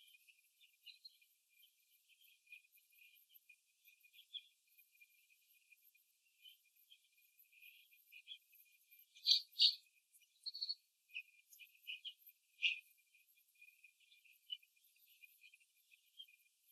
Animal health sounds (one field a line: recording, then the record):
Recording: young laying hens in a cage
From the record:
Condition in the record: before the stressor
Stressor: simulated dog barking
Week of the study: 2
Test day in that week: 3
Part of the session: 3